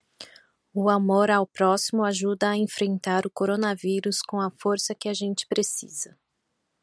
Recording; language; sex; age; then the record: spoken sentence; Brazilian Portuguese; female; 40 to 49 years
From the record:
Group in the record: control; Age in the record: 41 years